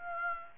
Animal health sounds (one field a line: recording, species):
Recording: mosquito wingbeat signal from an infrared sensor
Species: Aedes aegypti